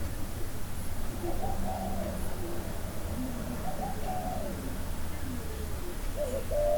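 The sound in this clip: Dove-like soft coos in a few quiet phrases, partly masked by a steady low hum.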